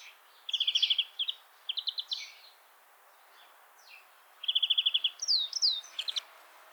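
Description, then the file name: European greenfinch song: short bursts of rapid trills and twitters, a quiet gap, then another trill followed by slurred whistled notes. "Chloris chloris"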